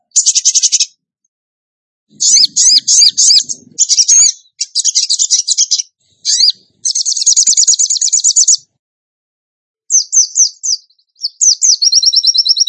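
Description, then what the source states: Bird song of rapid, high trills in bursts of varying length separated by pauses, ending with a fast run of repeated notes. Masteran training recording for birds, in the tembakan gacor song style.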